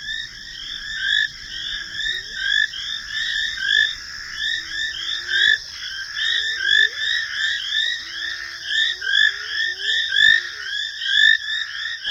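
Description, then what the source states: Painted frogs calling, a dense chorus of short bright chirping notes repeated rapidly, with fainter low rising whoops of hyenas behind. Small painted frogs calling at night in Kenya, in the last recording of the final night of the trip; hyenas heard behind them.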